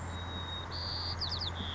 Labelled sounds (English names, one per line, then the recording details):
White-crowned Sparrow
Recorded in Sonoma County, California